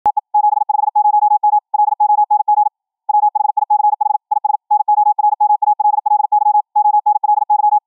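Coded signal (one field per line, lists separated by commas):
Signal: Morse code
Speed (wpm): 53 wpm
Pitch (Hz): 840 Hz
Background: none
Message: TE 750M LONG WHICH IS NORMALLY ONLY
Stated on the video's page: QRQ CW at 21 kHz VLF, generated by a Raspberry Pi 4 audio output into a tuned large ferrite rod antenna, received by a laptop sound-card SDR.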